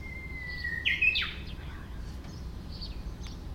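Common nightingale song: a long steady whistled note, then a sudden higher note and a quick downward sweep, over a low rumbling background.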